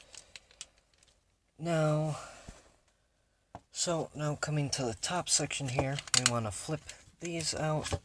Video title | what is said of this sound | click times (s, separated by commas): Transformers Scavenger Review | click it down, and then rotate this section all the way up until it clicks. | 0.6 s